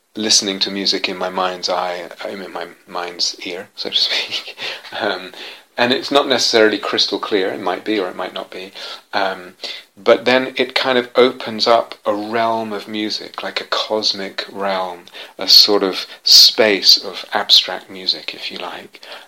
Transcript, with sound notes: listening to music in my mind's eye, in my mind's ear, so to [laughs] and it's not necessarily crystal clear. It might be or it might not be. But then it kind of opens up a realm of music, like a cosmic realm, a sort of space of abstract music, if you like,